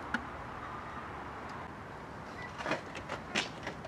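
A new spark plug wire boot is pushed down onto the spark plug in an engine bay. There is a sharp tick at 0.1 s, then steady background noise, followed by a run of short rubbing and knocking handling sounds between about 2.6 and 3.7 s, with the loudest at 3.4 s. Nothing has seated or clicked yet.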